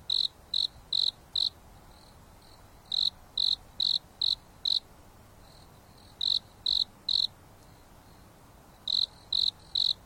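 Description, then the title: Insect chirping in clear trains of three to five sharp pulses, each train separated by quiet pauses of about one and a half seconds, with faint background hiss. Insects singing at night on a mountain top under a starry sky, with a gentle breeze blowing. "There is a gentle breeze blowing on the top of the mountain under the starry sky, and the insects are singing leisurely."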